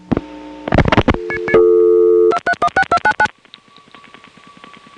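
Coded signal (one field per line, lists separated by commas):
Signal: DTMF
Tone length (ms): 70 ms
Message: 2316299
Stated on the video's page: Telephone DTMF and call progress tones from a Step-ESS telephone switching system.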